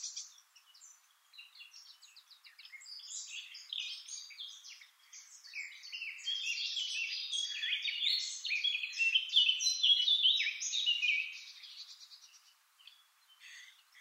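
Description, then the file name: Eurasian blackcap song: a long rambling warble of rapid varied notes, starting soft and scratchy and building to a loud, dense outburst before fading away. "Sylvia atricapilla"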